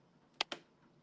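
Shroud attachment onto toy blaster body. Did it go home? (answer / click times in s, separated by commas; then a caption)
yes / 0.4 s, 0.5 s. A plastic shroud attachment, which is really tight, is pushed onto a toy blaster body and snaps home with two sharp clicks at 0.4 s and 0.5 s. The second click has a slightly longer tail. The shroud seats in place over a faint, steady background.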